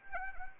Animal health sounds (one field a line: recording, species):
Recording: mosquito wingbeat signal from an infrared sensor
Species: Anopheles arabiensis